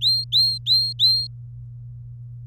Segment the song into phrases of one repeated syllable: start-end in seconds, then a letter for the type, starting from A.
0.02-1.27 A